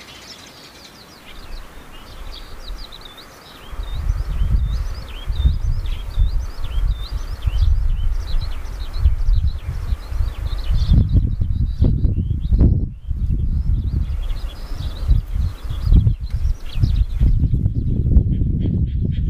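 Birds chirp quickly and steadily in a high register, thinning after about eleven seconds, while heavy low wind rumble gusts in from four seconds.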